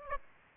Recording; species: mosquito wingbeat signal from an infrared sensor; Aedes aegypti